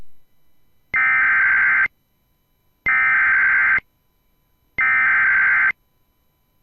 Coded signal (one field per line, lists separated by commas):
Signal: Emergency Alert System (SAME) tones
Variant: header bursts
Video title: (!EAS 300!) Tests & Weather Alerts from 9/15/2021 (EAS 282-302